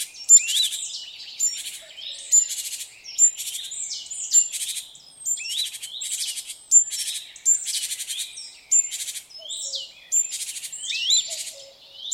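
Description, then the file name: Great tit calls in a busy run: repeated harsh rattling churrs interleaved with rising chirps and piercing thin whistles. "Parus major"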